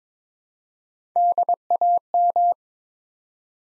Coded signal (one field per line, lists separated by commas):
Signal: Morse code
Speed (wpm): 22 wpm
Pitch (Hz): 700 Hz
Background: none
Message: DAM